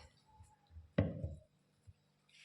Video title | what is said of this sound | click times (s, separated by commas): തേൻ കുപ്പിയിൽ നിറച്ചു വയ്ക്കാം #honey#honey#honey | ടൈറ്റ് ചെയ്തു കഴിഞ്ഞാൽ ഓൾറെഡി അത് തന്നെ ലോക്ക് ആകും. ഇങ്ങനെ | 1.0 s